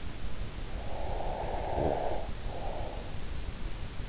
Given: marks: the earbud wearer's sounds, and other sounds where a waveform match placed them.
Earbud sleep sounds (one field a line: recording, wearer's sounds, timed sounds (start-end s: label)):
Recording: sounds in sleep by an in-ear microphone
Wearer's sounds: snoring breath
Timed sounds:
0.76-3.17 s: snoring breath